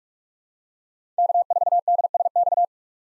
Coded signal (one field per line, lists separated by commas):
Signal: Morse code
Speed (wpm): 45 wpm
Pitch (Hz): 700 Hz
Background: none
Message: K4DSX